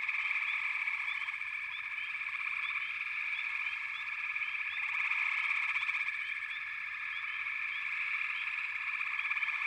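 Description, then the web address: Many frogs trilling together in a dense, even chorus, with small rising chirps recurring and a slight swell midway. "Nature Songs Nature Sounds The Natural Sounds of the Wilderness 10 CDs collection Echoes of Nature - Frog Chorus"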